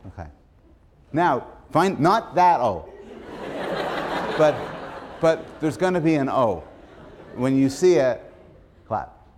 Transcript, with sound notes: Okay. Now find — Not that "o" [laughter] but there's going to be an "o." When you see it clap.